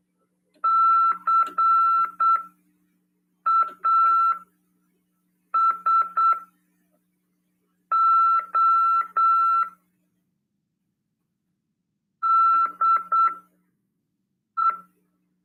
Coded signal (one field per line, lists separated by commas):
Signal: Morse code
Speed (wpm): 8 wpm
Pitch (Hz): 1340 Hz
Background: none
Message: CASO DE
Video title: RADIOAMADOR 2ªEd. 21/12/2022 "AULA 48: CW, LEGIS e C.RODADA" FM 146.410 Mhz PY2EXU PAULO CRASP/RAF.